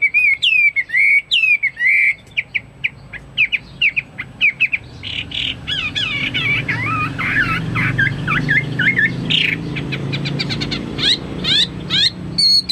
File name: omkicau hwamei